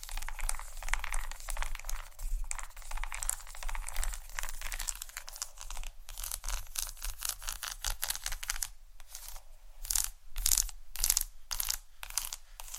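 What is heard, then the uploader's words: Fingers tap and scratch on a chocolate bar, producing dense, crisp, crackling clicks and rasps. Scratching runs busily through the first half, then gives way to sharper separate taps spaced about every half second. A low steady hum sits underneath throughout. ASMR Tap & Scratch On Chocolate （No Talking）.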